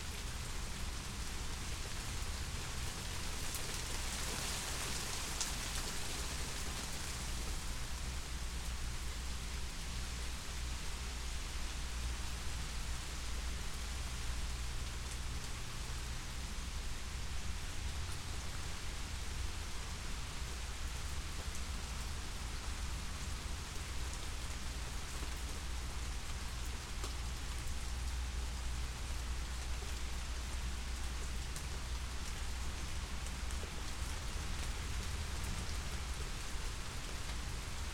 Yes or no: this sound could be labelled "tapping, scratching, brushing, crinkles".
no